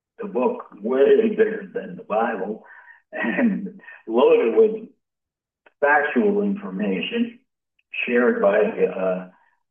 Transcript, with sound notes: The book, way bigger than the Bible (laughs) and loaded with factual information shared by,